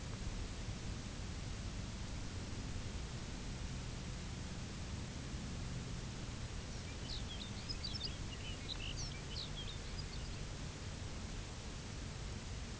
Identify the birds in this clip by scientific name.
Calcarius lapponicus